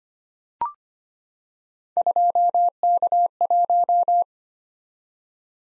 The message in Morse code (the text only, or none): 2K1